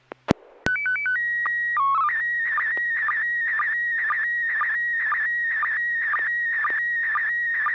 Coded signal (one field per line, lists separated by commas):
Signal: SSTV (slow-scan television)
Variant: PD 120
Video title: N6NA SSTV Net - 06/05/2024